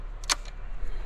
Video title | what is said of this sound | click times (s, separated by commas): Swimming through ULTRA CLEAR river to find fish! | then this clicks into place here guys | 0.3 s